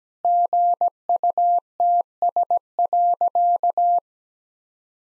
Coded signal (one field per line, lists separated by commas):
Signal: Morse code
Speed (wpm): 17 wpm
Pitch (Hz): 700 Hz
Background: none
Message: GUTS.